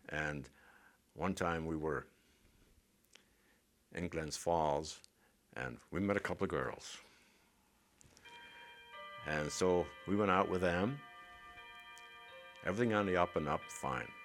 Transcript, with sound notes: And one time we were in Glens Falls and we met a couple of girls. ( a clock chimes ) And so we went out with them, everything on the up-and-up, fine.